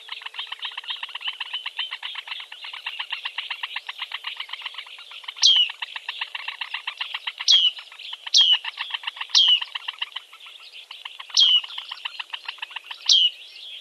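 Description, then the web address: Eurasian bittern chicks keep up a fast chirping chatter, and from midway a louder downward-slurred squeal breaks in several times. "suono del cinguettio dei pulcini del tarabuso maggiore"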